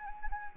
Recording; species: mosquito wingbeat signal from an infrared sensor; Anopheles arabiensis